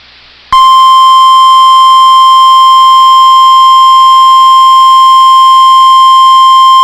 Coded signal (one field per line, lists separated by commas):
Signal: Emergency Alert System (SAME) tones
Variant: 1050 Hz attention tone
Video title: [EAS Compilation] Severe Thunderstorm Warnings With on NOAA Weather Radio WXM99 August 28 2022